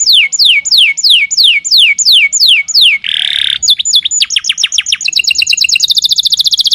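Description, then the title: Lovebird calls: series of sharp, steeply falling whistled notes repeated about three per second, a harsh noisy burst, then a faster run of rapid chirps. Lovebird calls used to lure lovebirds. "PIKAT BURUNG LOVEBIRD"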